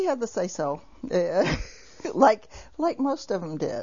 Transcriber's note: she laughs